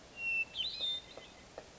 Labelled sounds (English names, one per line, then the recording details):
Hermit Thrush
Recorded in Sonoma County, California